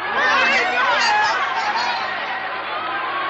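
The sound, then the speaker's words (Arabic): A large crowd chattering at a final match between schools, a dense wash of many overlapping voices with no single speaker standing out, steady and fairly loud throughout with a faint laugh or two mixed in. “إنها المباراة النهائية، لا تستغرب هذا الجمهور الهائل.”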